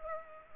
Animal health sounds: mosquito wingbeat signal from an infrared sensor; Culex pipiens

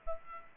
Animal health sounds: mosquito wingbeat signal from an infrared sensor; Aedes aegypti

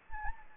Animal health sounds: mosquito wingbeat signal from an infrared sensor; Anopheles gambiae

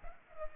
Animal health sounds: mosquito wingbeat signal from an infrared sensor; Culex pipiens

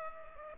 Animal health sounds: mosquito wingbeat signal from an infrared sensor; Culex pipiens

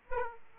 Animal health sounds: mosquito wingbeat signal from an infrared sensor; Aedes aegypti

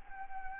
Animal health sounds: mosquito wingbeat signal from an infrared sensor; Anopheles gambiae

